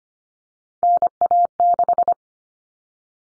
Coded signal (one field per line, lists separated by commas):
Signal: Morse code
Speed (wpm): 25 wpm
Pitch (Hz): 700 Hz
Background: none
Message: NA6